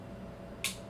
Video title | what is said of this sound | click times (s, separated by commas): Voron Legacy Build Part 4 | there you go that's it you see that one little click you know you're done | 0.6 s